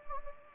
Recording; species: mosquito wingbeat signal from an infrared sensor; Anopheles gambiae